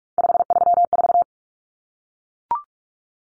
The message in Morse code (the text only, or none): 534